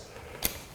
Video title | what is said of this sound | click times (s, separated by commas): An Intro to Soil and Sediment Sampling Webinar Part 1 720p | and locks into place and now the uh the item is is ready for use so | 0.4 s